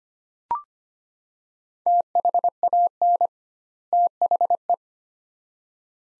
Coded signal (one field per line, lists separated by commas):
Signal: Morse code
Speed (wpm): 25 wpm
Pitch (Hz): 700 Hz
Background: none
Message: THAN THE